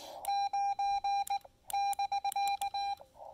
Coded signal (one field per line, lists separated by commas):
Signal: Morse code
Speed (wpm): 19 wpm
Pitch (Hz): 800 Hz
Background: none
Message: 9 <BK>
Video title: POTA Field Report: Let's build a super simple speaker wire antenna on site and activate this park!